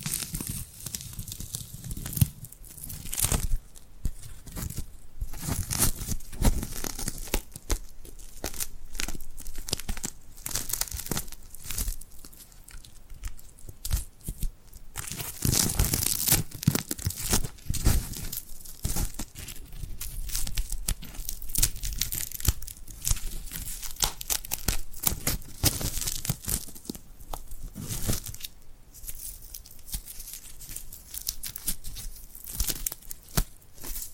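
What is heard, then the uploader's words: Dry hand sounds crackle and peel continuously, with sticky tearing and crinkling bursts, brightest around fifteen seconds. ASMR Tingly Glued Hand Sounds for Sleep (No Talking).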